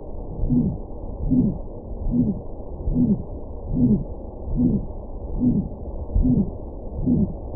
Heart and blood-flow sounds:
heart sounds
0.00	0.08	S2
0.08	0.52	diastole
0.52	0.66	S1
0.66	0.84	systole
0.84	0.92	S2
0.92	1.32	diastole
1.32	1.44	S1
1.44	1.64	systole
1.64	1.72	S2
1.72	2.14	diastole
2.14	2.26	S1
2.26	2.46	systole
2.46	2.54	S2
2.54	2.96	diastole
2.96	3.08	S1
3.08	3.22	systole
3.22	3.32	S2
3.32	3.72	diastole
3.72	3.84	S1
3.84	4.02	systole
4.02	4.14	S2
4.14	4.56	diastole
4.56	4.70	S1
4.70	4.86	systole
4.86	4.94	S2
4.94	5.40	diastole
5.40	5.54	S1
5.54	5.68	systole
5.68	5.76	S2
5.76	6.14	diastole
6.14	6.30	S1
6.30	6.50	systole
6.50	6.60	S2
6.60	7.06	diastole
7.06	7.18	S1
7.18	7.34	systole
7.34	7.44	S2
7.44	7.57	diastole
From the record:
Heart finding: aortic stenosis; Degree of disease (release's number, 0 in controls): 2 to 3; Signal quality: good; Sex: male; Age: 90 years or older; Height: 1.65 m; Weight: 90 kg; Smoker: yes

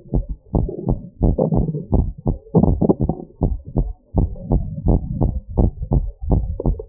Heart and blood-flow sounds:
heart sounds
0.00	0.15	systole
0.15	0.25	S2
0.25	0.55	diastole
0.55	0.67	S1
0.67	0.89	systole
0.89	0.99	S2
0.99	1.23	diastole
1.23	1.35	S1
1.35	1.53	systole
1.53	1.67	S2
1.67	1.93	diastole
1.93	2.07	S1
2.07	2.27	systole
2.27	2.35	S2
2.35	2.57	diastole
2.57	2.75	S1
2.75	3.01	systole
3.01	3.15	S2
3.15	3.43	diastole
3.43	3.55	S1
3.55	3.77	systole
3.77	3.91	S2
3.91	4.17	diastole
4.17	4.29	S1
4.29	4.51	systole
4.51	4.63	S2
4.63	4.85	diastole
4.85	4.99	S1
4.99	5.21	systole
5.21	5.33	S2
5.33	5.57	diastole
5.57	5.69	S1
5.69	5.93	systole
5.93	6.05	S2
6.05	6.31	diastole
6.31	6.45	S1
6.45	6.67	systole
6.67	6.79	S2
6.79	6.89	diastole
From the record:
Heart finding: normal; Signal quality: good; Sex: female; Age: 49 years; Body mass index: 21.1

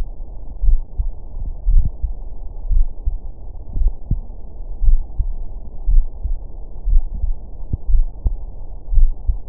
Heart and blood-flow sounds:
heart sounds
0.00	0.04	S2
0.04	0.64	diastole
0.64	0.78	S1
0.78	0.98	systole
0.98	1.06	S2
1.06	1.68	diastole
1.68	1.84	S1
1.84	2.02	systole
2.02	2.12	S2
2.12	2.70	diastole
2.70	2.86	S1
2.86	3.06	systole
3.06	3.14	S2
3.14	3.78	diastole
3.78	3.92	S1
3.92	4.10	systole
4.10	4.20	S2
4.20	4.84	diastole
4.84	5.00	S1
5.00	5.20	systole
5.20	5.32	S2
5.32	5.88	diastole
5.88	6.04	S1
6.04	6.24	systole
6.24	6.36	S2
6.36	6.88	diastole
6.88	7.02	S1
7.02	7.24	systole
7.24	7.34	S2
7.34	7.90	diastole
7.90	8.04	S1
8.04	8.24	systole
8.24	8.34	S2
8.34	8.92	diastole
8.92	9.10	S1
9.10	9.28	systole
9.28	9.38	S2
9.38	9.49	diastole
From the record:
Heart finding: coronary artery disease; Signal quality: good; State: rest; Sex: male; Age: 41 years

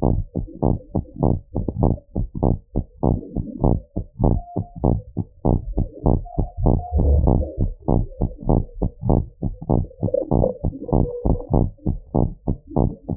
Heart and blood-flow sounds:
heart sounds
0.00	0.08	diastole
0.08	0.24	S1
0.24	0.38	systole
0.38	0.46	S2
0.46	0.64	diastole
0.64	0.78	S1
0.78	0.96	systole
0.96	1.04	S2
1.04	1.22	diastole
1.22	1.36	S1
1.36	1.56	systole
1.56	1.66	S2
1.66	1.82	diastole
1.82	1.98	S1
1.98	2.16	systole
2.16	2.24	S2
2.24	2.44	diastole
2.44	2.58	S1
2.58	2.76	systole
2.76	2.84	S2
2.84	3.04	diastole
3.04	3.18	S1
3.18	3.36	systole
3.36	3.46	S2
3.46	3.64	diastole
3.64	3.78	S1
3.78	3.96	systole
3.96	4.04	S2
4.04	4.24	diastole
4.24	4.38	S1
4.38	4.56	systole
4.56	4.64	S2
4.64	4.84	diastole
4.84	5.00	S1
5.00	5.18	systole
5.18	5.26	S2
5.26	5.46	diastole
5.46	5.62	S1
5.62	5.78	systole
5.78	5.86	S2
5.86	6.06	diastole
6.06	6.22	S1
6.22	6.38	systole
6.38	6.46	S2
6.46	6.64	diastole
6.64	6.82	S1
6.82	7.06	systole
7.06	7.22	S2
7.22	7.38	diastole
7.38	7.48	S1
7.48	7.64	systole
7.64	7.74	S2
7.74	7.94	diastole
7.94	8.08	S1
8.08	8.22	systole
8.22	8.32	S2
8.32	8.50	diastole
8.50	8.66	S1
8.66	8.82	systole
8.82	8.92	S2
8.92	9.10	diastole
9.10	9.26	S1
9.26	9.44	systole
9.44	9.52	S2
9.52	9.70	diastole
9.70	9.86	S1
9.86	10.04	systole
10.04	10.12	S2
10.12	10.32	diastole
10.32	10.48	S1
10.48	10.66	systole
10.66	10.76	S2
10.76	10.94	diastole
10.94	11.06	S1
11.06	11.26	systole
11.26	11.38	S2
11.38	11.54	diastole
11.54	11.70	S1
11.70	11.88	systole
11.88	11.98	S2
11.98	12.16	diastole
12.16	12.32	S1
12.32	12.48	systole
12.48	12.56	S2
12.56	12.78	diastole
12.78	12.92	S1
12.92	13.10	systole
13.10	13.17	S2
From the record:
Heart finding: normal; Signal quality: good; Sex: female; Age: 67 years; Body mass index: 23.7

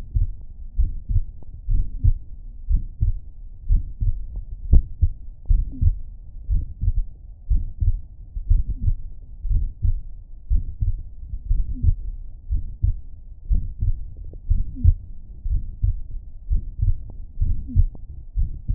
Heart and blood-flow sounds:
heart sounds
0.00	0.17	systole
0.17	0.29	S2
0.29	0.79	diastole
0.79	0.91	S1
0.91	1.11	systole
1.11	1.23	S2
1.23	1.69	diastole
1.69	1.83	S1
1.83	2.05	systole
2.05	2.17	S2
2.17	2.69	diastole
2.69	2.81	S1
2.81	3.03	systole
3.03	3.15	S2
3.15	3.69	diastole
3.69	3.83	S1
3.83	4.01	systole
4.01	4.15	S2
4.15	4.69	diastole
4.69	4.83	S1
4.83	5.03	systole
5.03	5.11	S2
5.11	5.55	diastole
5.55	5.65	S1
5.65	5.83	systole
5.83	5.95	S2
5.95	6.51	diastole
6.51	6.63	S1
6.63	6.83	systole
6.83	6.95	S2
6.95	7.51	diastole
7.51	7.63	S1
7.63	7.81	systole
7.81	7.95	S2
7.95	8.49	diastole
8.49	8.63	S1
8.63	8.85	systole
8.85	8.95	S2
8.95	9.49	diastole
9.49	9.65	S1
9.65	9.85	systole
9.85	9.97	S2
9.97	10.51	diastole
10.51	10.63	S1
10.63	10.83	systole
10.83	10.95	S2
10.95	11.49	diastole
11.49	11.63	S1
11.63	11.85	systole
11.85	11.95	S2
11.95	12.51	diastole
12.51	12.63	S1
12.63	12.83	systole
12.83	12.95	S2
12.95	13.49	diastole
13.49	13.61	S1
13.61	13.83	systole
13.83	13.95	S2
13.95	14.49	diastole
14.49	14.63	S1
14.63	14.83	systole
14.83	14.95	S2
14.95	15.49	diastole
15.49	15.61	S1
15.61	15.83	systole
15.83	15.95	S2
15.95	16.49	diastole
16.49	16.61	S1
16.61	16.83	systole
16.83	16.95	S2
16.95	17.41	diastole
17.41	17.57	S1
17.57	17.77	systole
17.77	17.89	S2
17.89	18.37	diastole
18.37	18.49	S1
18.49	18.71	systole
18.71	18.75	S2
From the record:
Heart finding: mitral regurgitation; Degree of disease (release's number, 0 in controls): 2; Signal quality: good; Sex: female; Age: 82 years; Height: 1.53 m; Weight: 60 kg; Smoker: no

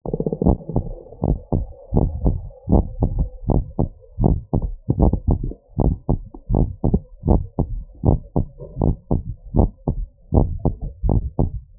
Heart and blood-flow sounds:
heart sounds
0.00	0.10	systole
0.10	0.18	S2
0.18	0.46	diastole
0.46	0.58	S1
0.58	0.84	systole
0.84	0.94	S2
0.94	1.24	diastole
1.24	1.38	S1
1.38	1.58	systole
1.58	1.68	S2
1.68	1.96	diastole
1.96	2.10	S1
2.10	2.24	systole
2.24	2.38	S2
2.38	2.72	diastole
2.72	2.88	S1
2.88	3.14	systole
3.14	3.28	S2
3.28	3.50	diastole
3.50	3.64	S1
3.64	3.86	systole
3.86	3.94	S2
3.94	4.22	diastole
4.22	4.38	S1
4.38	4.62	systole
4.62	4.72	S2
4.72	5.00	diastole
5.00	5.18	S1
5.18	5.44	systole
5.44	5.54	S2
5.54	5.84	diastole
5.84	5.96	S1
5.96	6.18	systole
6.18	6.26	S2
6.26	6.54	diastole
6.54	6.68	S1
6.68	6.92	systole
6.92	7.02	S2
7.02	7.28	diastole
7.28	7.42	S1
7.42	7.68	systole
7.68	7.80	S2
7.80	8.06	diastole
8.06	8.20	S1
8.20	8.44	systole
8.44	8.52	S2
8.52	8.82	diastole
8.82	8.94	S1
8.94	9.16	systole
9.16	9.26	S2
9.26	9.56	diastole
9.56	9.70	S1
9.70	9.94	systole
9.94	10.06	S2
10.06	10.34	diastole
10.34	10.48	S1
10.48	10.66	systole
10.66	10.76	S2
10.76	11.06	diastole
11.06	11.22	S1
11.22	11.44	systole
11.44	11.54	S2
11.54	11.79	diastole
From the record:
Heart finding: normal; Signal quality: good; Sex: female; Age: 33 years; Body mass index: 28.6

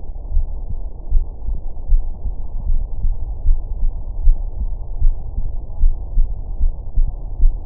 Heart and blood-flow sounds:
heart sounds
0.00	0.32	diastole
0.32	0.46	S1
0.46	0.70	systole
0.70	0.80	S2
0.80	1.12	diastole
1.12	1.26	S1
1.26	1.48	systole
1.48	1.58	S2
1.58	1.90	diastole
1.90	2.02	S1
2.02	2.24	systole
2.24	2.36	S2
2.36	2.66	diastole
2.66	2.80	S1
2.80	3.04	systole
3.04	3.16	S2
3.16	3.46	diastole
3.46	3.58	S1
3.58	3.80	systole
3.80	3.92	S2
3.92	4.24	diastole
4.24	4.38	S1
4.38	4.60	systole
4.60	4.70	S2
4.70	5.00	diastole
5.00	5.14	S1
5.14	5.36	systole
5.36	5.46	S2
5.46	5.80	diastole
5.80	5.94	S1
5.94	6.16	systole
6.16	6.28	S2
6.28	6.60	diastole
6.60	6.72	S1
6.72	6.96	systole
6.96	7.08	S2
7.08	7.40	diastole
7.40	7.54	S1
7.54	7.66	systole
From the record:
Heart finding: coronary artery disease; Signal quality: good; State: rest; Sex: male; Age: 66 years

